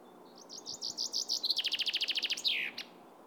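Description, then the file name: Common chaffinch delivering one bright song phrase, stepping notes quickening into a rapid trill and closing with a falling flourish, over faint background hiss. "Fringilla coelebs"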